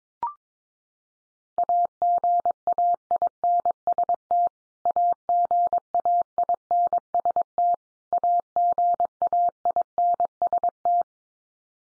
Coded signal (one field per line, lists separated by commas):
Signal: Morse code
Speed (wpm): 22 wpm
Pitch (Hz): 700 Hz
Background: none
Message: AGAINST AGAINST AGAINST